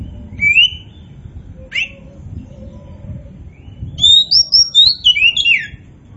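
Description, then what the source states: Oriental magpie-robin song: a few separate whistled notes, then a quick run of bright, varied slurred whistles rising and falling near the end. Local variety called kacer poci; described as gacor, singing vigorously.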